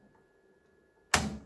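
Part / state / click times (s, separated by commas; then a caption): print head in a label printer carriage / released / 1.1 s. In an Afinia L801 label printer, the print head is pushed over in its carriage until it clicks free so it can be lifted out. After a quiet stretch, a single sharp, broadband click lands at 1.1 s and decays over the last few tenths of a second. The print head is released for removal.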